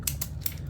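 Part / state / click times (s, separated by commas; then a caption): clip-on cooling fan onto the back of a mirrorless camera / seated / 0.1 s. A SmallRig clip-on cooling fan made of plastic and metal, designed for the ZV-1 and A7 Mark V, is slid onto the back of a compact mirrorless camera body until it locks. It clicks into place at 0.1 s, followed by two more short, sharp clicks at about 0.2 s and 0.5 s over a low steady hum. The fan is seated on the camera.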